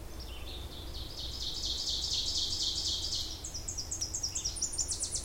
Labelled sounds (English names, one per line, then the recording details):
Ovenbird song
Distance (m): 35 m
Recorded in boreal forest in Alberta, Canada, on 26 May 2016 at 07:10
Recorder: SongMeter 3, array SBT-3-15
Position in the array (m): 41 m, 273 m
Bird 20